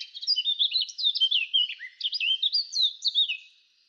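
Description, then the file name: Eurasian blackcap warbling steadily, a rapid, scratchy run of varied twittering and slurred notes without a break, fading at the close. "Sylvia atricapilla"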